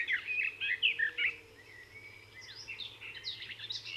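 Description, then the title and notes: Garden warbler song, a quick run of varied warbling notes over a steady low hum and background hiss. Discreet in plumage but a marvellous singer. "Observation sonore - La Fauvette des jardins. Rencontre avec la Fauvette des jardins (Sylvia borin)"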